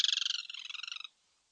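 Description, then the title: Yellow-chinned Spinetail song: a brief rapid rattle lasting about one second that stops abruptly, followed by silence. Subspecies russeolus. "LuckyPassaro Completos2Sama. Yellow-chinned Spinetail (Certhiaxis cinnamomeus russeolus)"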